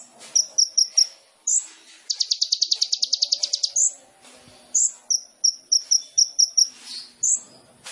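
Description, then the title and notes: Sunbird song alternating sharp high chips in short runs with a rapid trill of high notes, over a faint background hiss. Indonesian masteran training recording of a gacor (actively singing) sunbird, full of isian (fills) and luxurious tembakan (bursts), suitable as pancingan to prompt other birds to sing. "KOLIBRI NINJA FULL ISIAN DAN TEMBAKAN. Suara Burung Kolibri Ninja Gacor"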